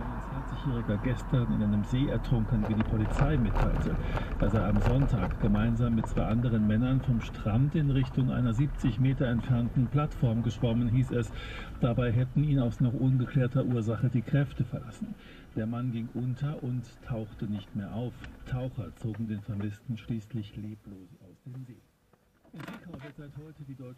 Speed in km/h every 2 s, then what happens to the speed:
35, 29, 24, 14, 14, 13, 6, 0, 0, 0, 0, 0.
0-6 brakes to 14. 10-13 brakes to 0. 13-24 standing.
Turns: 5-9.